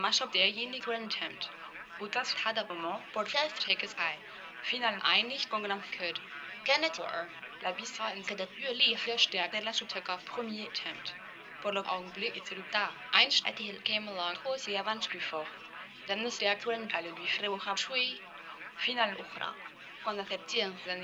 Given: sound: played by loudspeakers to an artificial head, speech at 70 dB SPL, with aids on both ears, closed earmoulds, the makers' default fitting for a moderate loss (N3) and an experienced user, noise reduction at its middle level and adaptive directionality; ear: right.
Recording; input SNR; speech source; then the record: speech test signal (ISTS) in cocktail-party noise; +6 dB; on the right (90 degrees)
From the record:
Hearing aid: class 1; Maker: F